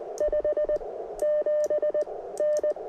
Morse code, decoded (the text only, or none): 5 7N